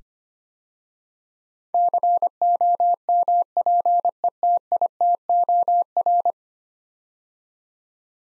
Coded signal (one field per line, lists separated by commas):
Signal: Morse code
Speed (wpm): 25 wpm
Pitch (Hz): 700 Hz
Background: none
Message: COMPETITOR